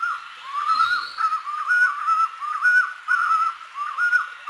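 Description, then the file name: Collared puffbird song: repeated short whistled phrases, each with a quick up-and-down inflection, coming several times in a few seconds over a faint steady hiss. "Canto do rapazinho de colar"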